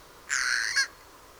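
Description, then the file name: Eurasian jay uttering one loud, hoarse screech about half a second long, flat and rasping, ending with a slightly sharper accent. "Garrulus glandarius"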